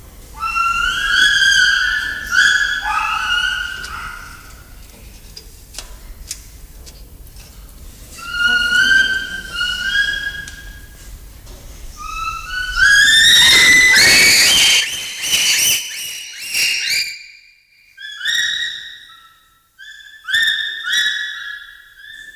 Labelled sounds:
Bonobo (Pan paniscus)
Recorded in captivity
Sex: group
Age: adult
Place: Zoo Leipzig, Sachsen, DE
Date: 1995-10-26 11:38
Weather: partly sunny, 6-10°C
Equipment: Sony WM-D6C, Sennheiser ME 80, Kopie Uher 4000 Report Monitor
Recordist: Tembrock, Günter
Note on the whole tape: 2, 1 in der Anlage, Pflegerin dabei: diverse Lautformen, erst im Innenraum (Hall und teilweise stark übersteuert!!!) später im Außengehege. Hauptszenen (Futter) subdominantes Männchen gegen dominantes Männchen (sehr laut), Zahnentblößen (längere Strecke)

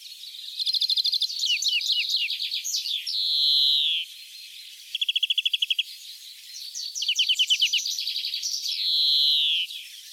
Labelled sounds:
European Greenfinch (Chloris chloris) song
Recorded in the wild
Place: Kaiserstuhl, Baden-Württemberg, DE
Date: 1981-05-16
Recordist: Schwarz, Dieter
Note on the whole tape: Song

